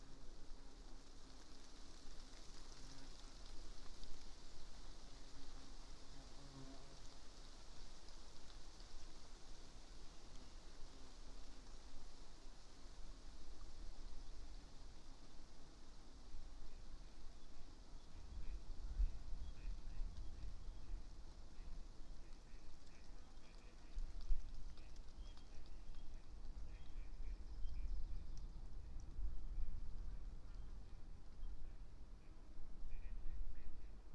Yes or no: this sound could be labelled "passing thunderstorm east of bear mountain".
yes